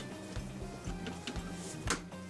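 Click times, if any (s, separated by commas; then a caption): none. An upper plastic interior trim piece for a GMC is handled near the vehicle's headliner and pillar, with brief handling knocks at about 1.3 and 1.9 seconds over a steady low, music-like background. Nothing has seated or clicked into place yet.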